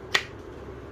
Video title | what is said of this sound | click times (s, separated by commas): ESEE 6 Desert Tan Knife - Unboxing and Initial Review - Survival Knife | and a nice little click | 0.1 s